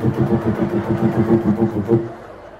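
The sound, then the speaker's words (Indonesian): A loud motorcycle ridden by a young man, its exhaust modified (cut down) twice, revs in a rough, throbbing rhythm of rapid pulses, holding steady before dropping away abruptly near the end. “Anak lajang mulai sore tadi membawa sepeda motor yang kenal potnya udah disunat 2 kali.”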